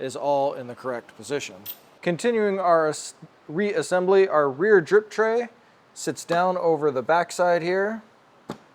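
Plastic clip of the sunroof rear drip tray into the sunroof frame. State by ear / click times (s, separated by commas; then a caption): seated / 8.5 s. Someone talks while the rear sunroof drip tray of an E39 540i is set down over the back side of the sunroof frame during reassembly. At 8.5 s, a short, sharp snap is heard as a plastic clip of the drip tray rolls in and seats into the frame.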